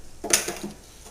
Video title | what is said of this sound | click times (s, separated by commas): Coin Counter CS 2000 Part 1 of 2 Setup and operation | that snaps right into place here | 0.3 s